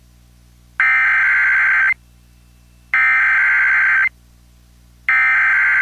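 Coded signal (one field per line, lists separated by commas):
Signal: Emergency Alert System (SAME) tones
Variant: header bursts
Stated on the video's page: Real EAS alerts received during a tornado outbreak.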